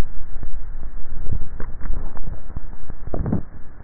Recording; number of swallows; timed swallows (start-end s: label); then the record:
swallowing sounds by neck microphone; 1
1.17-2.00 s: swallow
From the record:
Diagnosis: dysphagia